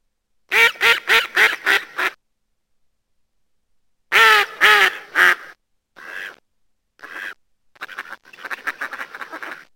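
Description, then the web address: Mallard call: a rapid series of several harsh quacks, a pause, four more loud quacks, then softer, broken quacks. "krzyzowka"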